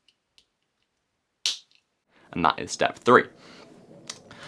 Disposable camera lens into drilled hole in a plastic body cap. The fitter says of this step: cuz it will click right in perfectly